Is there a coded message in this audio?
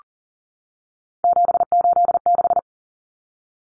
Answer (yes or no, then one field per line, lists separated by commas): yes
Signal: Morse code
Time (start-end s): 1.2-2.6 s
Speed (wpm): 40 wpm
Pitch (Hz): 700 Hz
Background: none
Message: 786